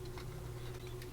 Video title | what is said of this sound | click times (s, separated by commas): LaFerrari Build Pack 4 Stages 25 to 32 from Agora Models | Perfect. They snapped right in. | 0.2 s, 1.0 s